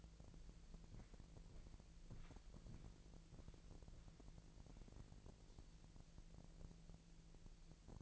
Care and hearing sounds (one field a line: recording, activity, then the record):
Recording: daily activity, microphone in the room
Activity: walk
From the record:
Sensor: 5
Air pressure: 1002.2 hPa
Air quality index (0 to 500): 238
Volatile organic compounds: 26 ppm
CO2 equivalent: 2856 ppm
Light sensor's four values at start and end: 31/74/31/33 and 31/74/31/33